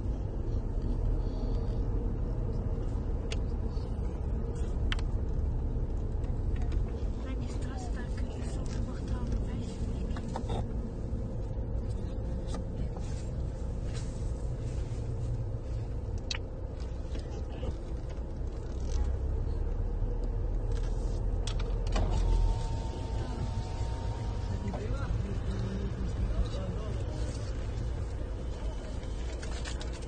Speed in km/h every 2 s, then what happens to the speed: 28, 26, 25, 25, 22, 18, 15, 8, 7, 9, 10, 10, 10, 8, 0.
0-7 steady at about 25. 7-15 slows to 7. 15-25 steady at about 10. 25-30 slows to 0.